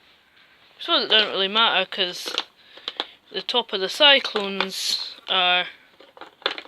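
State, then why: Seated. Someone talks while a plastic Dyson dusting brush tool is pushed onto its fitting on a Dyson DC14 vacuum cleaner during a service. A few brief sharp knocks follow near the end, and the tool clicks into place at 6.5 s.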